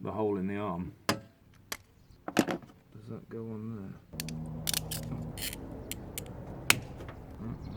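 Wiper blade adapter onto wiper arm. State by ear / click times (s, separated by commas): seated / 6.7 s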